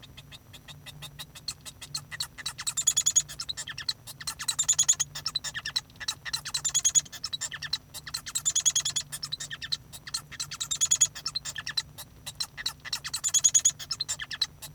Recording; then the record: song of a male Bengalese finch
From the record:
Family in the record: son of father 1